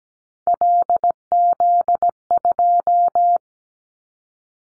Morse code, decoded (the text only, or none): LZ2